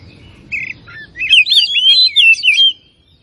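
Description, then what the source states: Oriental magpie-robin song: a short note, then a fluent warbling stream of high, sweeping whistles. Kacer of the Tretes type, described as gacor (singing vigorously).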